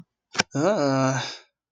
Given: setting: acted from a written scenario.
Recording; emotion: vocal sound without words; embarrassment